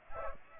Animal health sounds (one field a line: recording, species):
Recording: mosquito wingbeat signal from an infrared sensor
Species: Aedes aegypti